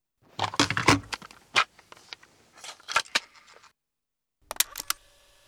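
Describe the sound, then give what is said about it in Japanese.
Plastic clicks and rattles as a cassette tape is handled, a series of sharp irregular snaps, a short pause, then a final cluster of clacks as it's loaded into the deck. “このテープだったかしら。”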